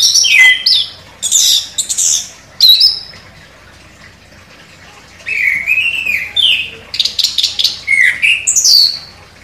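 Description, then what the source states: Orange-headed thrush singing sweeping whistled phrases in two bursts separated by a short pause. Indonesian name anis kembang; bird described as gacor, singing actively.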